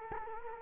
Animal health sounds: mosquito wingbeat signal from an infrared sensor; Culex quinquefasciatus

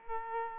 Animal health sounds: mosquito wingbeat signal from an infrared sensor; Aedes aegypti

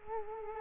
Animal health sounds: mosquito wingbeat signal from an infrared sensor; Culex quinquefasciatus

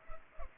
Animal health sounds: mosquito wingbeat signal from an infrared sensor; Culex pipiens

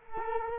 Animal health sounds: mosquito wingbeat signal from an infrared sensor; Culex quinquefasciatus

